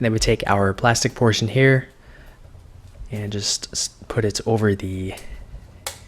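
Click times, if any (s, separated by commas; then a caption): 5.9 s. Someone talks while the hard plastic bumper frame of a Rock phone case for the iPhone 6/6s is pressed over the soft TPU inner case. A sharp snap is heard at 5.9 s as the frame seats into place.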